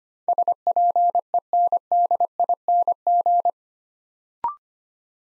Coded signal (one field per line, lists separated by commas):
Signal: Morse code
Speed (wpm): 25 wpm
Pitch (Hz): 700 Hz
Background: none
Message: SPENDING